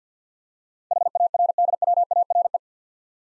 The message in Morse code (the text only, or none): HARDWARE